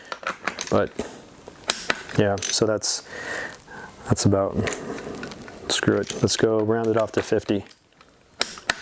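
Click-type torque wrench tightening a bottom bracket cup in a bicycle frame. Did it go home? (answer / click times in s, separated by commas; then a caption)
yes / 8.4 s, 8.7 s. A click-type torque wrench set to about 50 is pulled on a threaded bottom bracket cup in a bicycle frame while someone talks. The head barely moves before it breaks over with sharp clicks at 8.4 s and 8.7 s, confirming the set torque is reached.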